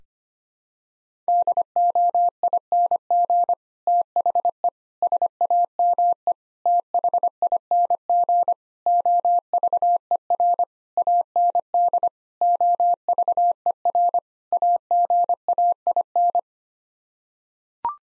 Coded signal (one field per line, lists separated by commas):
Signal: Morse code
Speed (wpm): 25 wpm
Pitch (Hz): 700 Hz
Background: none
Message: DOING THE SAME THING OVER AND OVER AGAIN